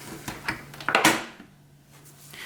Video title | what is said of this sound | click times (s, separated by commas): Re-Building HP Pavilion Gaming Desktop 690-0073w | And then you push it until you hear a clicking noise. | 0.9 s